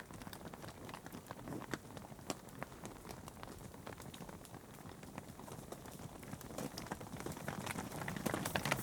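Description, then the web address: Cattle hooves clattering on a hard surface, a dense, uneven run of sharp knocks with a steady low rumble beneath. Cattle on tarmac. "The BBC Sound Effects Library. Cattle on Tarmac"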